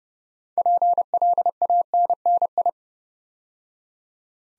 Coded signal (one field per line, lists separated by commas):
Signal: Morse code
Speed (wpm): 30 wpm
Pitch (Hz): 700 Hz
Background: none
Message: PLANNI